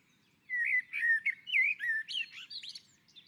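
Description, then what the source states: Common blackbird song: a mellow, fluting phrase of warbled whistles sliding around the low-middle range, ending in higher, thinner twittering notes. On a roof.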